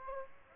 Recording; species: mosquito wingbeat signal from an infrared sensor; Aedes aegypti